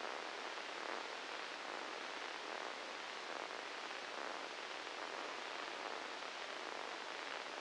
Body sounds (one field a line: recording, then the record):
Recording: brain microelectrode recording played as sound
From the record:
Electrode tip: inside the subthalamic nucleus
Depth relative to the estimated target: 0 mm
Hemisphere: left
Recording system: NeuroSet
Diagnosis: Parkinson's disease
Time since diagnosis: 8 years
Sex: male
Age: 37 years